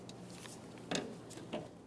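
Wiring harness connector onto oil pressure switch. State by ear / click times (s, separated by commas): not seated / none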